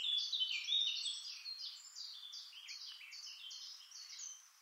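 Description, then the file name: Eurasian blackcap song: bright, fluty warbling phrases delivered quickly, loudest at the start and gradually fading. "Sylvia atricapilla"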